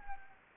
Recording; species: mosquito wingbeat signal from an infrared sensor; Anopheles gambiae